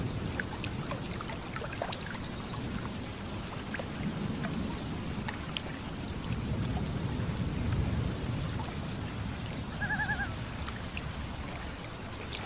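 A thunderstorm over a lake: steady rain hisses throughout, with a deep low rumble swelling in the middle and easing toward the end. Scattered drops tick and patter across it, and around ten seconds a brief wavering, quivering loon call sounds once.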